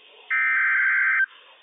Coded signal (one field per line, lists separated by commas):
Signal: Emergency Alert System (SAME) tones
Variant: header bursts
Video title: Severe Thunderstorm Warning - WWF56 - EAS #116 - 12:09 AM PDT 6/15/21